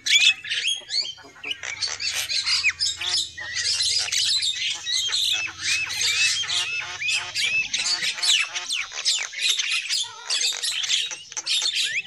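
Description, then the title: Lovebirds give continuous, noisy chatter of sharp squeaks and short upward-sliding chirps that blend into a busy high chatter. Lure call used for trapping lovebirds. "PIKAT BURUNG LOVEBIRD"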